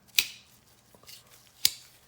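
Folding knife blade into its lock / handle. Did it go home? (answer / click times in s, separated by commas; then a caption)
yes / 0.2 s, 1.7 s. The steel blade of a restored folding knife is worked into its handle and snaps into its lock, likely the back lock engaging. Two crisp, loud snaps ring out at 0.2 s and 1.7 s, with a faint softer tick between them. Both times the blade seats firmly in its lock.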